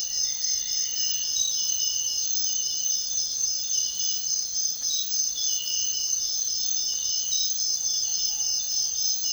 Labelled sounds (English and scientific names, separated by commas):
none